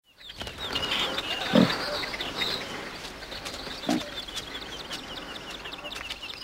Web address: Actividades jabali